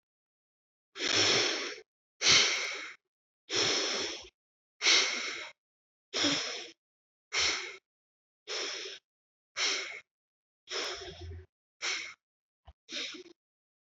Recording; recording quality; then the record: deep breathing; excellent, no background noise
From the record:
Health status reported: COVID-19 positive, moderate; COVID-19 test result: positive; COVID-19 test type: RT-PCR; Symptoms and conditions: cough, cold, sore throat, fever, fatigue, muscle pain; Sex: male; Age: 25 years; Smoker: no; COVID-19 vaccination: both doses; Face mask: not worn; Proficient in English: yes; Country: India